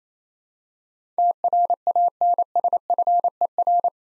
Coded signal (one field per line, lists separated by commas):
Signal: Morse code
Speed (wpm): 27 wpm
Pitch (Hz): 700 Hz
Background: none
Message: TRANSFER